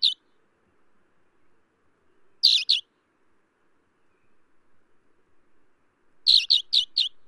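Alpine accentor giving chirps: a single note, then a pair, then a quick run of four notes at the end.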